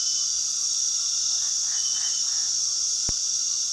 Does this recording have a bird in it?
no